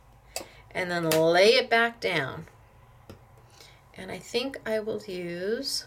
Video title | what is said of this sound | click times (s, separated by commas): #446 Comprehensive Dos and Don'ts of the Sizzix Sidekick Machine with Must See Advanced Techniques | and you will kind of feel it click | 0.4 s